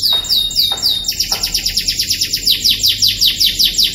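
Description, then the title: Canary song opening with a few sliding whistles, then a steady fast trill of repeated high notes continuing to the end. Kept canary. "Kenari Raja Kecil milik Fitri BKS"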